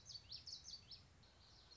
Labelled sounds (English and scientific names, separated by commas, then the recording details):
Common Yellowthroat (Geothlypis trichas)
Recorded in Sonoma County, California